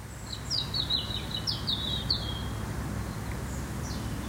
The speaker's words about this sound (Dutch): Dankjewel voor dit roodborstgeluid, Iris.